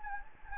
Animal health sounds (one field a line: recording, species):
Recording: mosquito wingbeat signal from an infrared sensor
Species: Anopheles gambiae